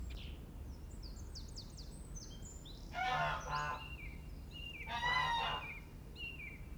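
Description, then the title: Domestic goose honking, two loud harsh harmonic bursts about two seconds apart, with small birds chirping and twittering high in the background throughout. Geese waking in a farmyard at Mentque-Nortbécourt, Pas de Calais, France, 28 February 2022, 07:23, late winter, very fine sunny morning; MixPre 6 II with DPA microphones in quad ORTF. "Oies Domestiques 63 Rue Wattre, Mentque-Nortbécourt, France"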